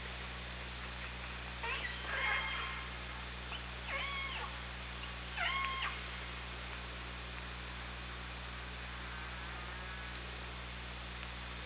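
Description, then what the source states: Killer whale pulsed calls, three harmonic, stepped calls near two, four and five and a half seconds, over steady low underwater hum. Hydrophone recording from OrcaLab, 24 August 2017 at 18:36.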